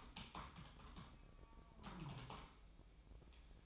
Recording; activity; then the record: daily activity, microphone in the room; typing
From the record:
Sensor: 1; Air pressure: 1007.6 hPa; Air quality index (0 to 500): 79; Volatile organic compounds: 1 ppm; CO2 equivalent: 685 ppm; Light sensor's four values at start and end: 12/28/11/13 and 12/28/11/13